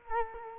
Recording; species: mosquito wingbeat signal from an infrared sensor; Culex quinquefasciatus